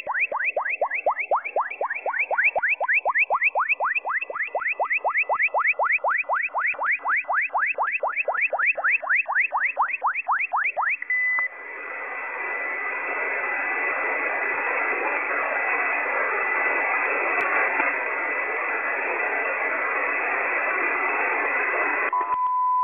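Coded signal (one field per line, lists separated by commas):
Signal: radar signal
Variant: JORN over-the-horizon radar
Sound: fast repeating upward chirps, about four per second, then steady broad hiss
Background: radio static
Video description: Strange signal on 8998 kHz Sound like an ambulance or a police car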